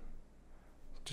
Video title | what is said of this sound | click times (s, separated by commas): Google Pixel 5 Case - Cheap But Great Cases from Amazon | press down on the corners snaps into place and looks fits | 1.1 s